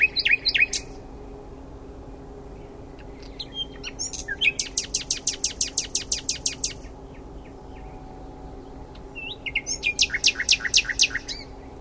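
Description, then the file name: Common nightingale singing several phrases, each a fast series of repeated sharp notes, separated by pauses filled with soft clicks and chirps. "Luscinia megarhynchos"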